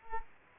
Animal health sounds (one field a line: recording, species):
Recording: mosquito wingbeat signal from an infrared sensor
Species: Culex quinquefasciatus